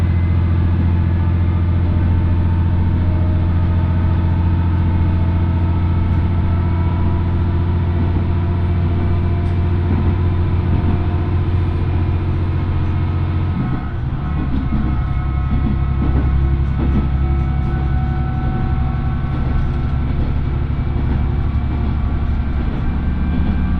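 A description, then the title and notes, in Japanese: A diesel railcar of the Oito Line on its first train out of Itoigawa, heading toward Minami-Otari. A steady low engine drone holds, then shifts around fourteen seconds as the engine note changes, followed by rougher rumbling and faint clatter throughout. 耳で楽しむ鉄道旅 大糸線 糸魚川→平岩。糸魚川を出る大糸線の始発列車で南小谷へと向かいます。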